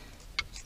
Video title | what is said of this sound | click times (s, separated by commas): BMW Navigation System Upgrade & GIVEAWAY (Fiber Optic Connection, Logic 7) | and you go there and you hear that click | 0.4 s